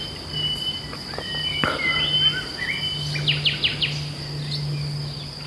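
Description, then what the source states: Common Nightingale song: thin drawn-out whistles, then a quick series of four sharp notes, over a steady low hum and a high tonal background. Lament strophe ('Klagestrophe') of the song.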